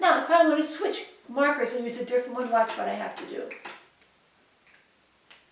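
Someone talks for most of the clip, then it goes quiet with a few faint handling sounds near 4.7 and 5.3 seconds as a plastic cap is brought to a felt-tip marker barrel before switching to a different marker, so the marker won't dry out. The cap has not clicked shut or seated onto the marker yet when the clip ends.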